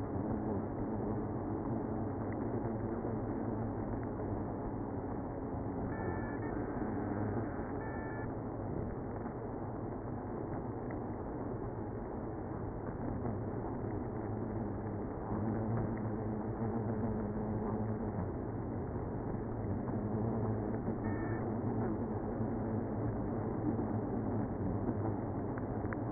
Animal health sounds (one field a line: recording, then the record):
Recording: honeybee colony, microphone inside the hive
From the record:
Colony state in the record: queenless (queen removed)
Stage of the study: after two queens were removed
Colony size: about 60,000 bees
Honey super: yes